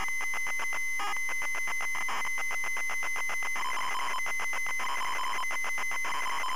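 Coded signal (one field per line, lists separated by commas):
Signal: ZX Spectrum tape loading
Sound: harsh rasping, buzzing data noise with rapid pulsing tones and rhythmic chopping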